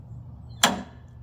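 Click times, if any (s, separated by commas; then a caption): 0.6 s. On a 1950 John Deere BN tractor engine, the magneto body is turned by hand in the advanced direction with the piston at top dead center until its spring-loaded impulse coupling trips. A single sharp, bright snap sounds at 0.6 s and rings down over about a fifth of a second against a quiet low hum. The coupling releases with its click, marking the magneto's timing point.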